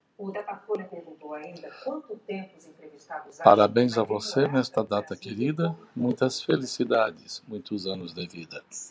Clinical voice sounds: short text; Brazilian Portuguese; male; 70 to 79 years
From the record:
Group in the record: control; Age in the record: 73 years

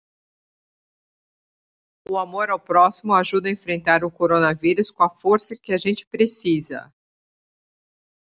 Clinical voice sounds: spoken sentence; Brazilian Portuguese; female; 30 to 39 years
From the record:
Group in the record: control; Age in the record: 39 years

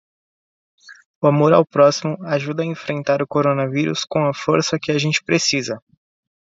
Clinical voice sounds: spoken sentence; Brazilian Portuguese; male; 20 to 29 years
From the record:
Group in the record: control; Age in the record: 22 years

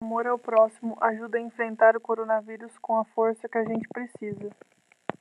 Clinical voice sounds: spoken sentence; Brazilian Portuguese; female; 20 to 29 years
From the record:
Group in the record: control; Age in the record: 27 years

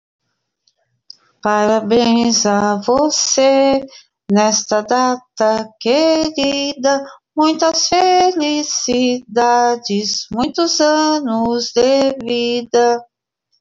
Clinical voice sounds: short text; Brazilian Portuguese; female; 50 to 59 years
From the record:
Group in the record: control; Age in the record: 59 years

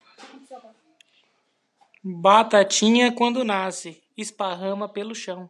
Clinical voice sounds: short text; Brazilian Portuguese; female; 40 to 49 years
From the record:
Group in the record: control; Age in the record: 41 years

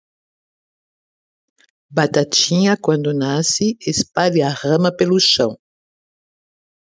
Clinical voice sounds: short text; Brazilian Portuguese; female; 50 to 59 years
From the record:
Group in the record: control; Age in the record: 59 years

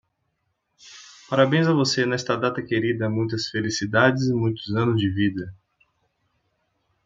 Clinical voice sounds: short text; Brazilian Portuguese; male; 30 to 39 years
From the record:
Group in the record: control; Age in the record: 39 years

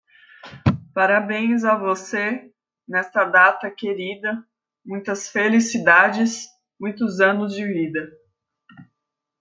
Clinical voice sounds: short text; Brazilian Portuguese; female; 20 to 29 years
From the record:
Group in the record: control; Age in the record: 29 years

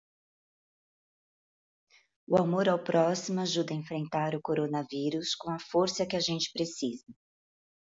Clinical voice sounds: spoken sentence; Brazilian Portuguese; female; 40 to 49 years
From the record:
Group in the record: control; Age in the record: 45 years

